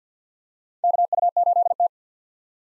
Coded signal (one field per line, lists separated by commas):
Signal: Morse code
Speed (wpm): 50 wpm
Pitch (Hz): 700 Hz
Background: none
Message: KU8T